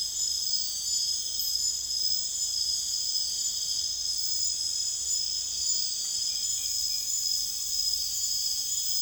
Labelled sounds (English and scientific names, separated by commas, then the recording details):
none
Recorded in secondary vegetation near Puerto Asís, Putumayo, Colombia, on 29 June 2025 at 02:30
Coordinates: 0.485, -76.322
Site GP06